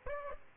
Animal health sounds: mosquito wingbeat signal from an infrared sensor; Aedes aegypti

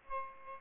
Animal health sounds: mosquito wingbeat signal from an infrared sensor; Aedes albopictus

